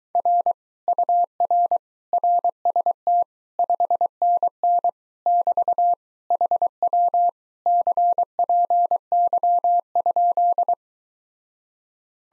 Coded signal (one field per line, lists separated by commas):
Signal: Morse code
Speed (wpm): 22 wpm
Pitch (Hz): 700 Hz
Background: none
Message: R UR RST 5NN <BT> HW CPY?